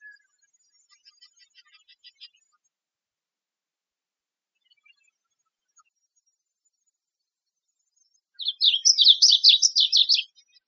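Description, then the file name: Varied bunting song, one fast warbled phrase of sweet slurred notes near the end, preceded by a faint series of quiet notes. Arizona, 6 August 2007. "VABU 8 Deviche"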